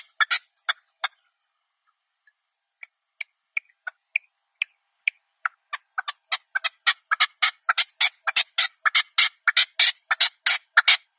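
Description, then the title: Partridge starting with a few harsh notes, then sparse quiet notes that gradually quicken and swell into a dense, loud rasping chatter. Call used as a hunting lure. "Canto de Perdiz"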